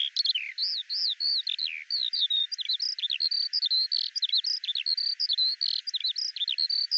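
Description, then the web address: Eurasian skylark song: a continuous, rapid, high warbling of varied chirps, slurs and short trills, poured out without a break over the whole seven seconds. "Deverinetal 2025 File cleaned normalized Bird Al Ar"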